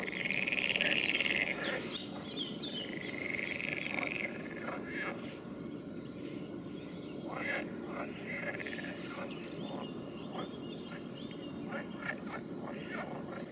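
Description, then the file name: Frogs trilling, two buzzy rattling calls early on, then a quieter stretch of scattered soft clicks and background hiss. "Nature Recordings - Frogs"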